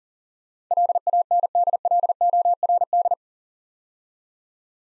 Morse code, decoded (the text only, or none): LANDLORD